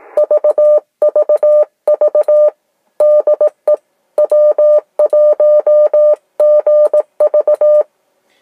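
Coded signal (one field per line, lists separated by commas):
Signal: Morse code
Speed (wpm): 18 wpm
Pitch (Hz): 600 Hz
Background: none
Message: VVV DE W1GV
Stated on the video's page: Ham radio transmission using a Yaesu ATAS antenna and a Palstar transmatch.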